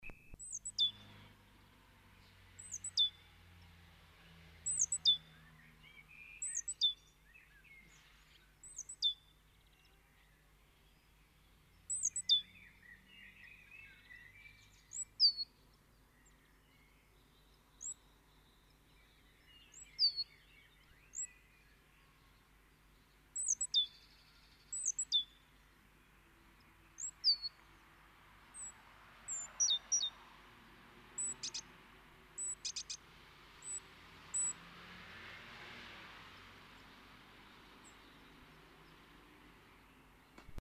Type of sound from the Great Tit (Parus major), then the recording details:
call. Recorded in the wild. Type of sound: call. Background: Turdus merula. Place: Kaiserslautern, Rheinland-Pfalz, DE. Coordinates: 49.4247, 7.77889. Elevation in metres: 279. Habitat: garden. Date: 1977-05-15. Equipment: Nagra IV, Sennheiser MKH 405, Parabolreflektor. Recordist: Tretzel, Erwin. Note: Garten, Kaiserslautern: Rufe gegen Rivalen am Futterplatz "si - sdit", "s-tü", "s-zeze" und "s de de de"